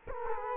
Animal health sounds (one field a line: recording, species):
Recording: mosquito wingbeat signal from an infrared sensor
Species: Culex quinquefasciatus